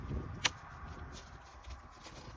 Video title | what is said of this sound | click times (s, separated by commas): Nissan Air Fuel Ratio Sensor Replacement Bank 2 Sensor 1 | and it'll click into place. | 0.5 s